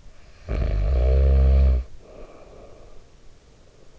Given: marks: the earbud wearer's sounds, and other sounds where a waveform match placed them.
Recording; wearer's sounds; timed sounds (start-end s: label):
sounds in sleep by an in-ear microphone; snoring breath
0.00-3.94 s: snoring breath